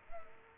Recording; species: mosquito wingbeat signal from an infrared sensor; Culex quinquefasciatus